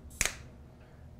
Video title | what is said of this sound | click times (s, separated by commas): The Roost - How To | once it's clicked you're ready to go to put the laptop on | 0.2 s